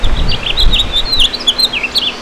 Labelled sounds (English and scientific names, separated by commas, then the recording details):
House Finch (Haemorhous mexicanus) song
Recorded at Montauk on Long Island, New York, on 15 June 2013
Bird H